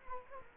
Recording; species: mosquito wingbeat signal from an infrared sensor; Culex quinquefasciatus